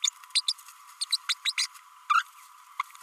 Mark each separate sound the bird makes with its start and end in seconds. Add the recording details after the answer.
0.04-0.09, 0.35-0.41, 0.48-0.53, 1.01-1.04, 1.12-1.17, 1.29-1.34, 1.45-1.52, 1.57-1.66, 2.14-2.23, 2.79-2.82. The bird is a female. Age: 32 days. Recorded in a nest box in Venezuela. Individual 17B32A7